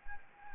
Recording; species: mosquito wingbeat signal from an infrared sensor; Anopheles arabiensis